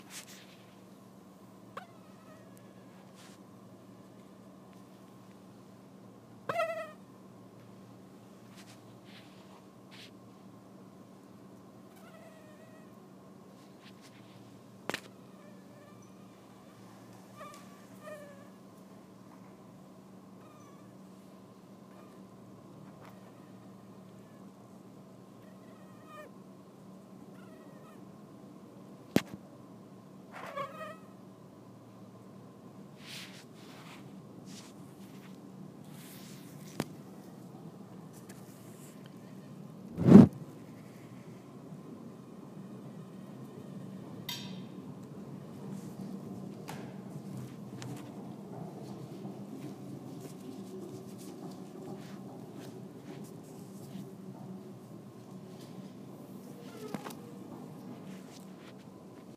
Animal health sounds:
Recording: mosquito flight sound by mobile phone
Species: Anopheles freeborni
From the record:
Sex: male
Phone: iPhone 4S

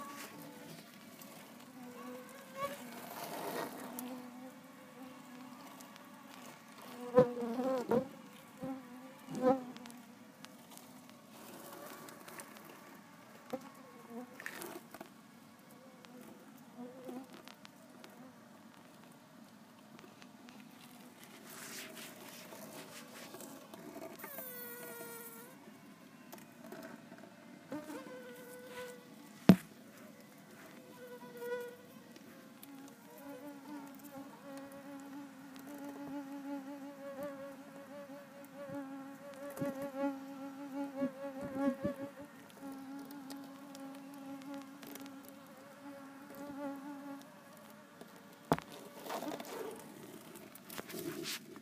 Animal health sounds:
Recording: mosquito flight sound by mobile phone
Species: Culex tarsalis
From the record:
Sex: female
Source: PrakashLab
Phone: iPhone 4S

